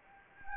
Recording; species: mosquito wingbeat signal from an infrared sensor; Anopheles gambiae